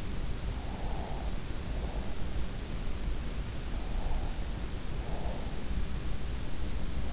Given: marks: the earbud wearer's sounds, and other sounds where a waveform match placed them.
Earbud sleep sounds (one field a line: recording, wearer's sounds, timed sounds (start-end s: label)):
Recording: sounds in sleep by an in-ear microphone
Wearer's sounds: breath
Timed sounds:
0.44-2.23 s: breath
3.82-5.60 s: breath